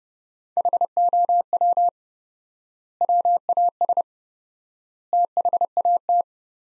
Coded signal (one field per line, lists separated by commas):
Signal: Morse code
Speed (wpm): 30 wpm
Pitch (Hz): 700 Hz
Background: none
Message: HOW WAS THAT